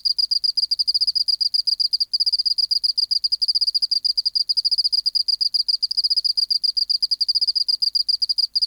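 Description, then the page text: Oceanic field cricket song: fast high pulses running together in a continuous trill, with one short pause near two seconds. Museum specimen recorded in an acoustic laboratory, 19 March 1984, 11:15 local time, 24 °C, 30% humidity, dim light. "Teleogryllus oceanicus. BioAcoustica"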